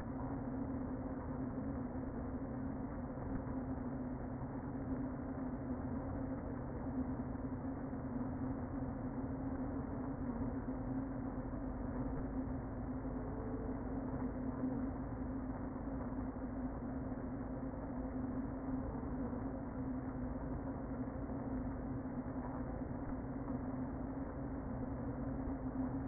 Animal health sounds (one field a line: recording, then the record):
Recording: honeybee colony, microphone inside the hive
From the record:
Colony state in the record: queen present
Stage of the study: before two queens were removed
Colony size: about 60,000 bees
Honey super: yes